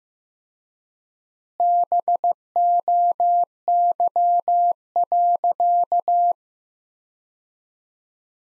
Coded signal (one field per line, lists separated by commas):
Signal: Morse code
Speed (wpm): 15 wpm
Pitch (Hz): 700 Hz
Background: none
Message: BOY.